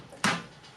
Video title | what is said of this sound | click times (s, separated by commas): How to assemble the Mini Micro 3in1 Push Along Scooter | make sure that that locks in place, and then we can push these collars back down so they sit on top of the stem. | 0.2 s